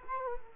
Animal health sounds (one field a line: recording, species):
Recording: mosquito wingbeat signal from an infrared sensor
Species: Culex quinquefasciatus